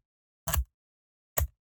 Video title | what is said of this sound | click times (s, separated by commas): BUILD Your Own FORD MUSTANG SHELBY GT500 - 1:6 scale - DeAgostini - Pack 2 | push it on like that and hear that double click now look you've got a really | 0.5 s, 1.4 s